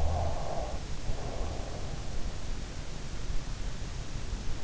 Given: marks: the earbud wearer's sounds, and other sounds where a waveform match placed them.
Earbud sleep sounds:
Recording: sounds in sleep by an in-ear microphone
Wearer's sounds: snoring breath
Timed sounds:
0.47-2.89 s: snoring breath

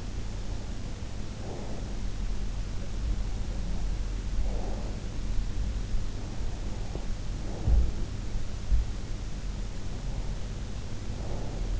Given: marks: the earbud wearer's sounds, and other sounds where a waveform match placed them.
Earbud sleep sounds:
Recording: sounds in sleep by an in-ear microphone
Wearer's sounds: breath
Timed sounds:
0.00-2.16 s: breath
3.24-5.49 s: breath
6.38-8.53 s: breath
9.75-11.80 s: breath

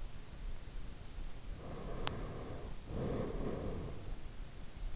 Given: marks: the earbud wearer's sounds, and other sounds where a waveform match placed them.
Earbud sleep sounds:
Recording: sounds in sleep by an in-ear microphone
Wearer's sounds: breath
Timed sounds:
1.64-4.15 s: breath

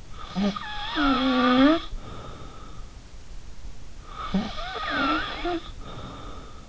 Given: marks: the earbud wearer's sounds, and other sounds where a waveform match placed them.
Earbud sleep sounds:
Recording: sounds in sleep by an in-ear microphone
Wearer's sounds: snoring breath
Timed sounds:
0.15-2.90 s: snoring breath
4.02-6.69 s: snoring breath

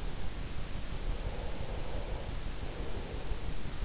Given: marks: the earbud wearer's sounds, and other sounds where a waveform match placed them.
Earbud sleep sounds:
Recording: sounds in sleep by an in-ear microphone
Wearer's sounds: breath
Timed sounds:
0.54-3.51 s: breath

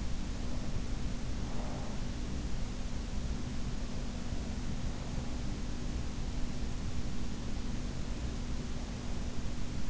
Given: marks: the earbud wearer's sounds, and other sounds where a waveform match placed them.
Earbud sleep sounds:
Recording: sounds in sleep by an in-ear microphone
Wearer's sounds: breath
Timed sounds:
0.00-2.49 s: breath

